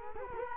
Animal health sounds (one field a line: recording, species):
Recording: mosquito wingbeat signal from an infrared sensor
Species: Culex quinquefasciatus